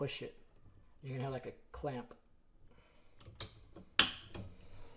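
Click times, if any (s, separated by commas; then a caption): 4.0 s. Someone talks while the retainer clip on a pull-out waste bin slide rail is pushed down like a clamp onto the rail. Faint clicks come at about 3.2 s and 3.4 s, then a sharp, loud click at 4.0 s as the clip seats. The mechanism is locked into place.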